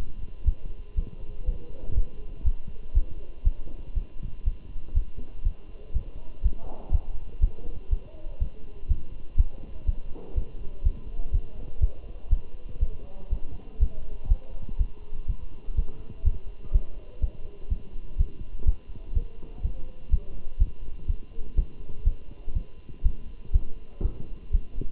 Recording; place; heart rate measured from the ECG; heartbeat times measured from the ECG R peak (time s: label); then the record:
heart sounds by stethoscope; between the tricuspid and mitral areas; 122 bpm
0.47 s: heartbeat
0.98 s: heartbeat
1.48 s: heartbeat
1.97 s: heartbeat
2.46 s: heartbeat
2.96 s: heartbeat
3.46 s: heartbeat
3.97 s: heartbeat
4.47 s: heartbeat
4.96 s: heartbeat
5.46 s: heartbeat
5.95 s: heartbeat
6.45 s: heartbeat
6.93 s: heartbeat
7.43 s: heartbeat
7.92 s: heartbeat
8.41 s: heartbeat
8.90 s: heartbeat
9.39 s: heartbeat
9.88 s: heartbeat
10.37 s: heartbeat
10.85 s: heartbeat
11.34 s: heartbeat
11.82 s: heartbeat
12.32 s: heartbeat
12.82 s: heartbeat
13.32 s: heartbeat
13.81 s: heartbeat
14.30 s: heartbeat
14.80 s: heartbeat
15.29 s: heartbeat
15.78 s: heartbeat
16.26 s: heartbeat
16.74 s: heartbeat
17.23 s: heartbeat
17.71 s: heartbeat
18.19 s: heartbeat
18.67 s: heartbeat
19.16 s: heartbeat
19.64 s: heartbeat
20.12 s: heartbeat
20.61 s: heartbeat
21.09 s: heartbeat
21.58 s: heartbeat
22.06 s: heartbeat
22.56 s: heartbeat
23.05 s: heartbeat
23.54 s: heartbeat
24.05 s: heartbeat
24.54 s: heartbeat
From the record:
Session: Bruce protocol treadmill stress test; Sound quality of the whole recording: good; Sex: male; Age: 27 years